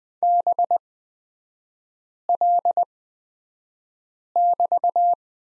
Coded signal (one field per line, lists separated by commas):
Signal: Morse code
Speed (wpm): 20 wpm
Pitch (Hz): 700 Hz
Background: none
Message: BL<BT>